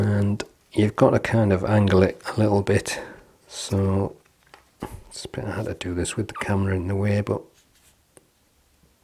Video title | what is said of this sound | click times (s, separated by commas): Best Dartboard Light ? Cuesoul D8 Dartboard Light System Review | you just angle it in a little bit and it snaps in place | 8.2 s